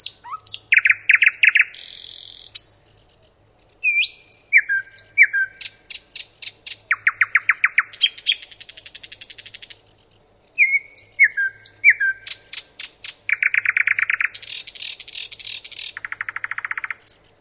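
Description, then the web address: Common nightingale singing varied phrases: pure whistles, rapid rattling trills, loud buzzy bursts and a churring phrase, changing pattern every second or two. "leoriademeyer. nachtegaal"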